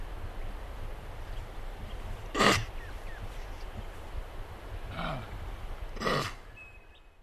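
Eastern grey kangaroo grunts, three coarse bursts about a second or more apart, one sliding down in pitch, over a low rumbling background.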